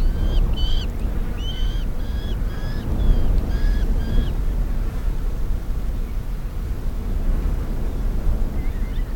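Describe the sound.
Black falcon making a quick series of harsh, nasal notes in the first few seconds, then only a constant low rumble.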